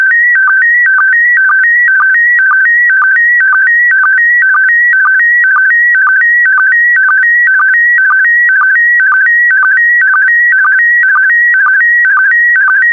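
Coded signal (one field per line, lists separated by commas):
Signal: SSTV (slow-scan television)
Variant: PD120 mode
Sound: warbling tone alternating between two pitches, with a short low blip about twice a second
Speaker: complete you can now check your decoded image against the picture that is shown on the video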